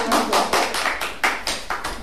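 A short burst of applause: sharp, steady claps land roughly every quarter second for two seconds, fairly loud, with no talking over them.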